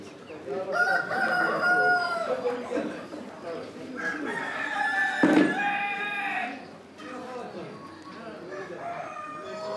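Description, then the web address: Chicken hens cackling in long, harmonic, wavering notes, with a sharp knock midway. Hens outdoors, voices and activity, Morocco, recorded 12 June 2016. "Morocco sound library by Faunethic Market for chicken hen and bird outdoor, voices and activity 160612"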